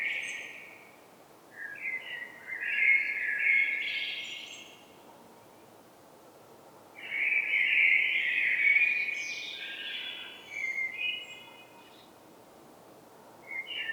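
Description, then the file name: Common blackbird singing rich fluty phrases separated by pauses, some with scratchy higher twitters, over a faint steady hiss. "Turdus merula"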